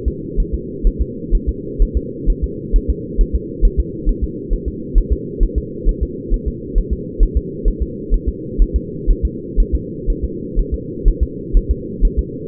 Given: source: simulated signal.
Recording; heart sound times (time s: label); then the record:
fetal heart sounds
0.08 s: S2
0.40 s: S1
0.54 s: S2
0.87 s: S1
1.02 s: S2
1.35 s: S1
1.49 s: S2
1.82 s: S1
1.97 s: S2
2.30 s: S1
2.44 s: S2
2.76 s: S1
2.90 s: S2
3.21 s: S1
3.35 s: S2
3.65 s: S1
3.80 s: S2
4.09 s: S1
4.24 s: S2
4.53 s: S1
4.68 s: S2
4.98 s: S1
5.13 s: S2
5.43 s: S1
5.58 s: S2
5.89 s: S1
6.03 s: S2
6.34 s: S1
6.48 s: S2
6.78 s: S1
6.93 s: S2
7.23 s: S1
7.37 s: S2
7.68 s: S1
7.82 s: S2
8.14 s: S1
8.29 s: S2
8.62 s: S1
8.76 s: S2
9.10 s: S1
9.25 s: S2
9.60 s: S1
9.75 s: S2
10.10 s: S1
10.24 s: S2
10.59 s: S1
10.74 s: S2
11.08 s: S1
11.23 s: S2
11.57 s: S1
11.71 s: S2
12.05 s: S1
12.19 s: S2
From the record:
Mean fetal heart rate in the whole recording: 130 bpm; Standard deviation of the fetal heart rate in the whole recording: 4 bpm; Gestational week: 38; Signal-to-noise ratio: -4.1 dB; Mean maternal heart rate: no maternal heart sound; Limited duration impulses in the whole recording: absent